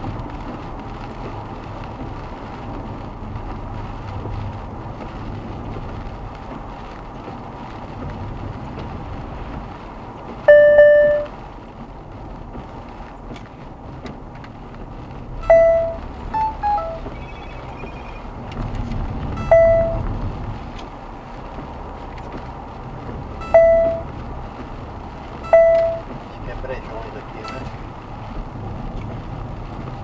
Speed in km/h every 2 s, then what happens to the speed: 81, 77, 72, 69, 67, 66, 64, 67, 69, 71, 71, 74, 74, 73, 71.
0-11 slows to 64. 11-22 speeds up to 74. 22-30 steady at about 73.